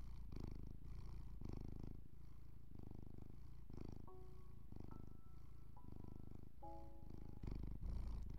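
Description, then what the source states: Domestic cat purring, a low rapid rumbling pulse, with soft sustained music tones over it. Purring cat with calming music.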